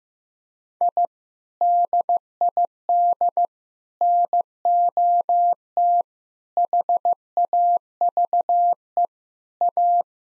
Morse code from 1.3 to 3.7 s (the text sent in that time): DID